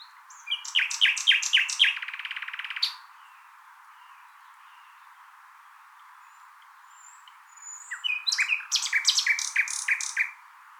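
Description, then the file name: Common nightingale song: rapid repeated sharp notes ending in a dry buzzy rattle, a long pause, then another fast rich phrase. "Luscinia megarhynchos"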